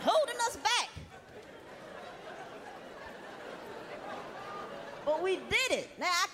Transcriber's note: laughter